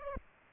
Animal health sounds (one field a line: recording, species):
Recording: mosquito wingbeat signal from an infrared sensor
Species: Aedes aegypti